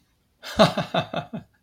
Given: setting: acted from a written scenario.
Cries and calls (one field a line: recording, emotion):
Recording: vocal sound without words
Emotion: amusement